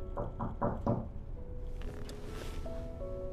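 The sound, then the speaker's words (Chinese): Someone knocks on a room door with four firm, evenly spaced knocks in quick succession, then a quiet backdrop of steady humming tones with no voices. “不久有人叩响了房门。”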